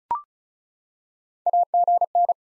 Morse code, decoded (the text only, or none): AGN